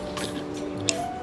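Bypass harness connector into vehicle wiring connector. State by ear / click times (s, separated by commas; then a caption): seated / 0.9 s. A bypass harness connector is plugged into the wiring connector of a 2022 Honda City / HR-V for an auto-fold side mirror and remote window kit, with music playing underneath. A soft bump comes at 0.2 s, then a sharp, bright click at 0.9 s as the connector seats.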